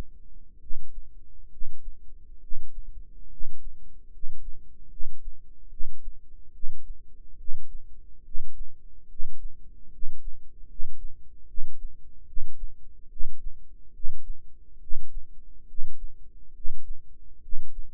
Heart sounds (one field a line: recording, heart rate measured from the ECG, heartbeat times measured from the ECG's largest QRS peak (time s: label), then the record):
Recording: heart sounds by microphone in the right ear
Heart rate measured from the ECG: 71 bpm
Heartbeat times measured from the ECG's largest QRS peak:
0.58 s: heartbeat
1.49 s: heartbeat
2.39 s: heartbeat
3.28 s: heartbeat
4.10 s: heartbeat
4.88 s: heartbeat
5.69 s: heartbeat
6.51 s: heartbeat
7.36 s: heartbeat
8.23 s: heartbeat
9.07 s: heartbeat
9.90 s: heartbeat
10.66 s: heartbeat
11.46 s: heartbeat
12.25 s: heartbeat
13.08 s: heartbeat
13.92 s: heartbeat
14.79 s: heartbeat
15.66 s: heartbeat
16.52 s: heartbeat
17.40 s: heartbeat
From the record:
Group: healthy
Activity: rest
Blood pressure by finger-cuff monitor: 103/63 mmHg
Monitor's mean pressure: 76 mmHg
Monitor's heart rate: 70 bpm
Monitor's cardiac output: 6.7 L/min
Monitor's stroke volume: 96 mL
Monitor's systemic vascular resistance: 820 dyn s/cm5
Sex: male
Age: 35 years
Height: 180 cm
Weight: 86.9 kg